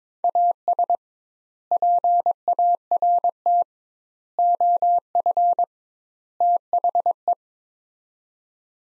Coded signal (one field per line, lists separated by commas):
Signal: Morse code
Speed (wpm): 22 wpm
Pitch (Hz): 700 Hz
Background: none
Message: AS PART OF THE